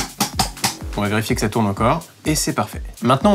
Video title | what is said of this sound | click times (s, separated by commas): J'essaye de construire le plus petit moteur V8 DU MONDE ! | quand ça claque c'est que c'est assez serré | 0.2 s, 0.4 s, 0.6 s